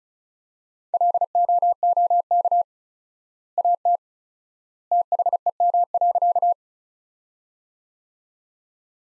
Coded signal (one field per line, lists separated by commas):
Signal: Morse code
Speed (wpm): 34 wpm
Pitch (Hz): 700 Hz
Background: none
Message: LOOK AT THEM.